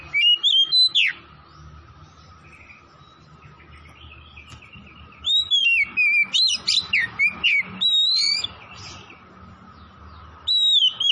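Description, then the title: Oriental magpie-robin song: loud whistled phrases sliding down, then a burst of varied rich notes and chatters, with a steady faint hum beneath. From Tretes, singing vigorously (gacor). "Kacer Tretes Gacor"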